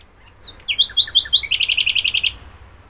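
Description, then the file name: Common nightingale phrase: slurred high notes give way to a quick, evenly spaced string of sharp chirps, then a final high note. "Luscinia megarhynchos"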